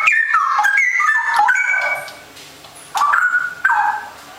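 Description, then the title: Oriental magpie-robin giving quick whistled phrases with falling slurs, then a short pause before two more clear downslurred notes. "Kicau Kacer"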